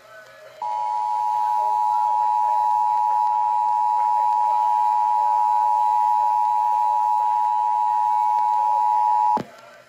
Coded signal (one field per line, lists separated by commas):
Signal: Emergency Alert System (SAME) tones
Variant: 853 and 960 Hz attention tone